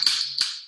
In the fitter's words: these are so easy you just pop it right in your bottle until you hear the click